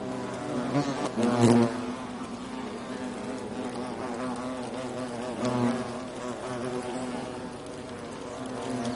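European hornet wing buzz, a low droning hum with rich harmonics that swells loudly around one and a half seconds and again near five and a half seconds.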